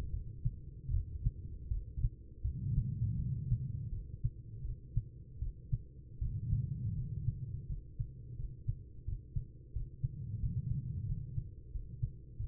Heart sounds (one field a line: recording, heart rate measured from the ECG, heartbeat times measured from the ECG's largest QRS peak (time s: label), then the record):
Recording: heart sounds by stethoscope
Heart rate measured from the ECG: 83 bpm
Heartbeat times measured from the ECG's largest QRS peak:
0.10 s: heartbeat
0.90 s: heartbeat
1.68 s: heartbeat
2.41 s: heartbeat
3.16 s: heartbeat
3.89 s: heartbeat
4.62 s: heartbeat
5.39 s: heartbeat
6.18 s: heartbeat
6.94 s: heartbeat
7.66 s: heartbeat
8.36 s: heartbeat
9.05 s: heartbeat
9.73 s: heartbeat
10.40 s: heartbeat
11.06 s: heartbeat
11.71 s: heartbeat
12.36 s: heartbeat
From the record:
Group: healthy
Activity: rest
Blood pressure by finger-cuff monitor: 120/78 mmHg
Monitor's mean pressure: 94 mmHg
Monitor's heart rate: 81 bpm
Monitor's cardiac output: 6.1 L/min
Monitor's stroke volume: 74 mL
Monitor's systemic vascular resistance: 1240 dyn s/cm5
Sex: female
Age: 43 years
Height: 160 cm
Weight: 90 kg